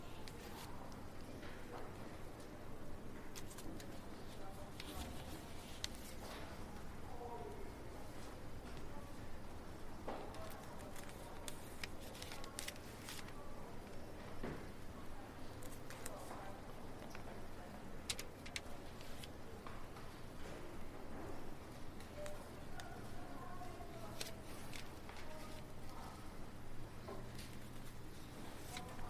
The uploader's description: This calm and quiet library